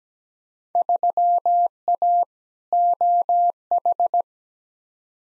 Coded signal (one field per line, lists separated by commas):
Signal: Morse code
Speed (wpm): 17 wpm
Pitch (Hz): 700 Hz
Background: none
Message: 3A OH